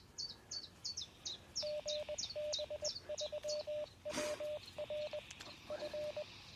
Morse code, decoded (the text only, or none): GB3WR F